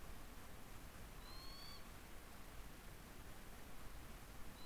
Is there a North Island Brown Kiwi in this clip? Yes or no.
no